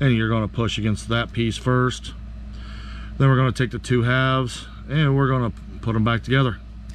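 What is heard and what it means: Someone talks while working on the flip key remote of a 2008 Nissan Sentra 4 button key, with a new coin battery fitted positive side down, before the two plastic shell halves are pressed back together to snap shut. A steady low hum runs underneath the speech. Nothing has seated or clicked yet; the halves have not snapped together.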